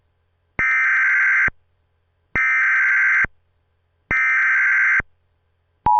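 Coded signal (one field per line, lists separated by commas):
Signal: Emergency Alert System (SAME) tones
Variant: header bursts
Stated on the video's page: Fictional mock EAS broadcast, a remake, which may or may not contain valid EAS tones.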